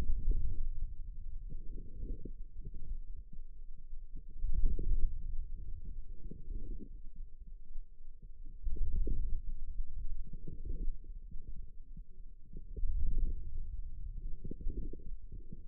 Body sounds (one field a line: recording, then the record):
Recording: forearm muscle sounds (acoustic myography)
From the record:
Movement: wrist flexion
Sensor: system 2, bracelet of six BSWA MPA416 microphones around the upper forearm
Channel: 4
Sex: female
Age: 21 years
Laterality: right